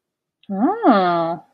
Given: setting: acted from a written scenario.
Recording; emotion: vocal sound without words; interest